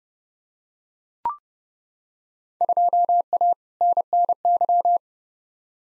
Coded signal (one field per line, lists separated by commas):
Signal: Morse code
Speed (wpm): 30 wpm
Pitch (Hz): 700 Hz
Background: none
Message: 2A NNY